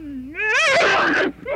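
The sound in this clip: Bear voicing a single drawn-out moan that rises in pitch and then breaks into a harsh, rasping roar before cutting off, with a brief start of another call at the very end.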